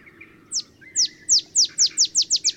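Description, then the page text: Olive sparrow singing a short run of crisp, down-slurred chip notes. Singing in early morning in Texas, just 50 miles north of the Mexican border; simple songs likened to a field sparrow's bouncing-ball song. "Olive Sparrow. Recording early morning just 50 miles north of the Mexican border in Texas"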